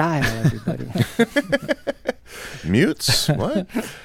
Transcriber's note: laughter